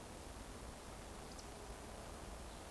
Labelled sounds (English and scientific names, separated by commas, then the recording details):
Eurasian Woodcock (Scolopax rusticola) whistle
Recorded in Baden-Württemberg, Germany, on 24 June 2020 at 19:54 UTC
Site 14569, 102 m above sea level